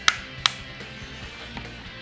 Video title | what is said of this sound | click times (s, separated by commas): Even Real Steel Wants This APS UAR - RedWolf Airsoft RWTV | this panel here you can press in and move it to the other side so you can hear it click | 0.1 s, 0.5 s